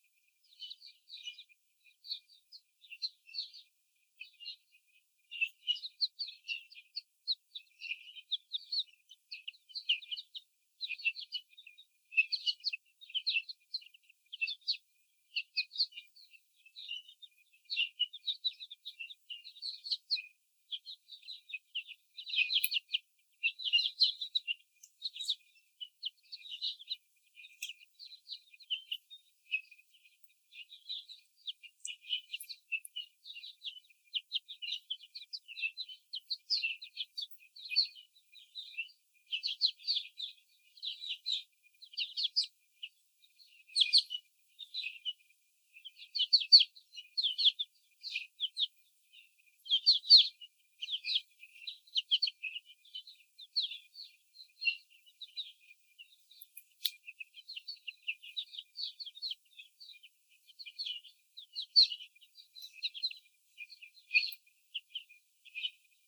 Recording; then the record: young laying hens in a cage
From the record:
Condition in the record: before the stressor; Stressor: sudden umbrella opening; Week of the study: 3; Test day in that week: 2